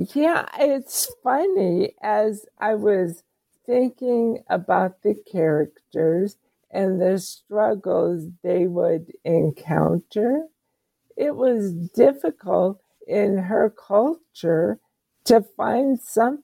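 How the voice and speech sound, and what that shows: A woman with ALS, a very slow progressor diagnosed about seven years earlier, speaks slowly, about 25 words in 16 seconds, in short phrases broken by frequent pauses, with drawn-out sounds and patches of creaky voice. Her voice is slow and her talking is limited. This slow, effortful speech is dysarthria from ALS.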